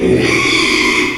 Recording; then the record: squeal of a Yucatan mini pig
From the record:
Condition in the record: after surgery on the right vocal fold (resection and tissue-engineered implant); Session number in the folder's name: 1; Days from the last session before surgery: 6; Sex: male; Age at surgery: 12 weeks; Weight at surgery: 13 kg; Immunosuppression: cyclosporine, prednisolone